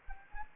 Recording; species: mosquito wingbeat signal from an infrared sensor; Anopheles gambiae